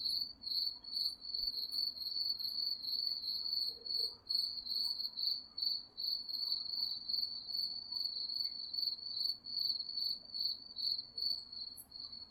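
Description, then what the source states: Cricket chirping, a bright high band of pulsed notes repeating about twice a second, with fainter chirps higher up. Crickets chirping at night.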